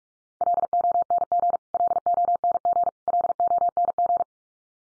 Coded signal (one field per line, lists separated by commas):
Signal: Morse code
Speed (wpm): 44 wpm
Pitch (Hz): 700 Hz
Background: none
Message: LONG LONG LONG